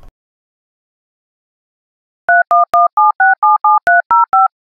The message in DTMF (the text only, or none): 3117677305